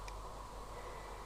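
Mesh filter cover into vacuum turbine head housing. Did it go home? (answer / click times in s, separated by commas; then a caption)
yes / 0.1 s. A mesh dust filter cover is clipped into the housing of a Dyson turbine head. Over a steady background hiss, a short, faint click sounds at 0.1 s as the cover clips in and seats.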